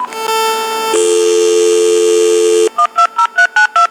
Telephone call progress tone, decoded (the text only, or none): dial tone